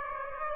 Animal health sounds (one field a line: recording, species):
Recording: mosquito wingbeat signal from an infrared sensor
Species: Aedes aegypti